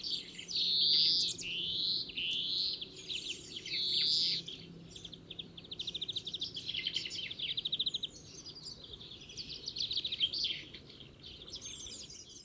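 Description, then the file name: European greenfinch song, a long run of rapid rattling trills and twittering phrases with buzzy notes, against a faint low background hum. "Chloris chloris"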